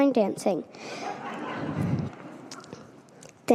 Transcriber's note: laughing